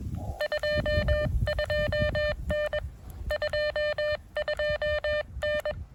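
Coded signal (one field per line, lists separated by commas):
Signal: Morse code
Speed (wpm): 21 wpm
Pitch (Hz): 590 Hz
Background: none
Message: 22N 22N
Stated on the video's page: CW park activation at a state park.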